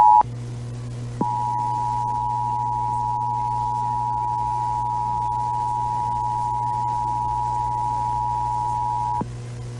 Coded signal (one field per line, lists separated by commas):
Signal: Emergency Alert System (SAME) tones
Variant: 853 and 960 Hz attention tone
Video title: First Video Of 2021 EAS#90-115